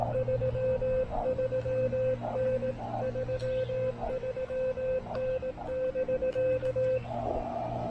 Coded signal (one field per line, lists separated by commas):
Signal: Morse code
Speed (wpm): 18 wpm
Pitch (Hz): 520 Hz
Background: radio noise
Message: 33N 33N <BK>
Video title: POTA: Reunited with the venerable Elecraft K1 at Hawk's Nest State Park!